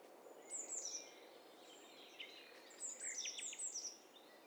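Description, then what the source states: Several birds overlap in bright, high twittering and short downward chirps, two bursts of calls separated by a quieter stretch with soft background hiss. Overlapping mix of several birds, stereo recording from a bird cocktail party test set.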